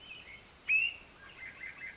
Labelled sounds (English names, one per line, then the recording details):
California Towhee
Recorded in Sonoma County, California